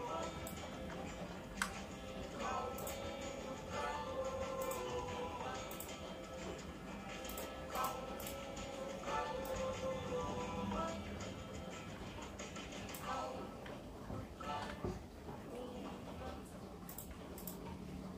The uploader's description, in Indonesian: Rintik hujan, keyboard, backsound lagu